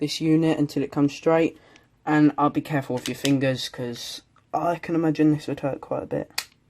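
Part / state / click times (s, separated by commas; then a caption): twist-lock internal unit going back into an airsoft rifle body / not seated / none. Someone talks while twisting a twist-lock internal unit, fitted with a new piston head, to line it up straight so it can go back into an airsoft rifle body. Faint handling noises sit under the speech. Nothing has seated or clicked yet by the end of the clip.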